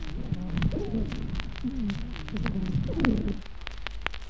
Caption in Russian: При аускультации выслушивается большое количество разнообразных сухих хрипов, среди которых преобладают свистящие.